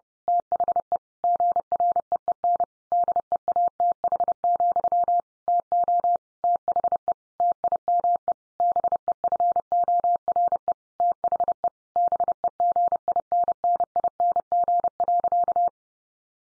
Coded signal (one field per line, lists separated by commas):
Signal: Morse code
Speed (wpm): 30 wpm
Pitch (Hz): 700 Hz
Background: none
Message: THE GREEN DEATH, TO THE TIME BEFORE THE BEGINNING.